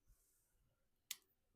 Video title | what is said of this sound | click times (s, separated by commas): Installing the rotor, caliper bracket, and pads/caliper | Click right in | 1.1 s